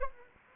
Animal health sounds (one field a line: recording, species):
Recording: mosquito wingbeat signal from an infrared sensor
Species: Anopheles gambiae